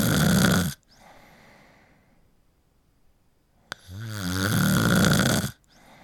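An adult snoring: two loud, low-pitched snores about four seconds apart, separated by quiet breathing, with a brief click just before the second snore.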